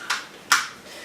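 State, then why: Partly seated. Someone pushes the pivoting frame bar of a Cybex Priam stroller into its frame lock. After a softer sound at 0.1 s, a small sharp click comes at 0.5 s. The latch catches only on this first click and is not fully engaged; pulling on the bar brings it back out.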